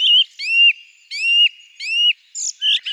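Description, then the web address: Song thrush: loud, clear whistled notes that rise then hold steady, repeated several times, ending with sharper, higher chirps. "Turdus philomelos"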